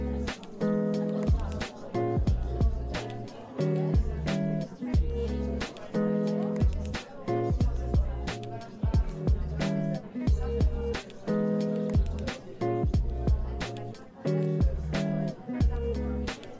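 Coffee shop ambience dominated by music with a steady, regular beat, a low bass line that shifts every second or so, and sustained chord tones. Murmured voices mingle with it, and the sound stays dense and even throughout.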